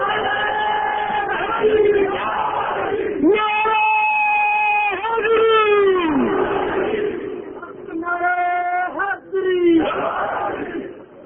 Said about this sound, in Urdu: ذرا ایک بار پھر سنا تیر علی کے نام کا نعرہ.